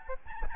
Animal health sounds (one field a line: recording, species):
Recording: mosquito wingbeat signal from an infrared sensor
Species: Aedes albopictus